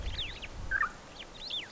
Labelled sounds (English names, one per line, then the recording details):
Superb Starling flight call
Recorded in Kenya